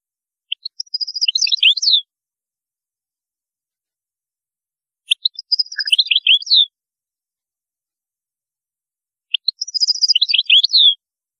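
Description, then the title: European goldfinch singing three quick liquid twittering phrases, each about a second and a half long, spaced roughly four seconds apart in otherwise quiet surroundings. "Chant Chardonneret"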